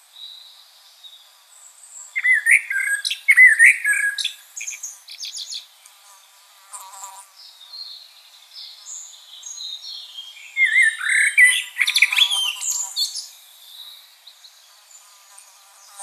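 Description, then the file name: Common blackbird singing in two loud bursts of warbled, fluty phrases with scratchy high twitters between them and softer twittering in the gaps. "Turdus merula"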